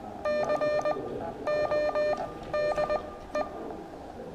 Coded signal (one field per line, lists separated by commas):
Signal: Morse code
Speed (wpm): 19 wpm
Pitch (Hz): 600 Hz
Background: none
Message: CODE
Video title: ZS6TJ CW Morse Code practice Class session three.